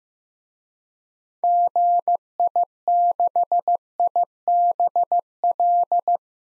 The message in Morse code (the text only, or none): GI6IBL